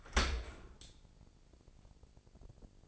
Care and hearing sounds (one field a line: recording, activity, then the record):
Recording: daily activity, microphone in the room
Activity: open dishwasher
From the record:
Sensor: 5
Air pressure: 1012.4 hPa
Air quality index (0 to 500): 156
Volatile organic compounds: 2 ppm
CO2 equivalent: 1065 ppm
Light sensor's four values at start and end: 107/256/108/122 and 107/257/109/122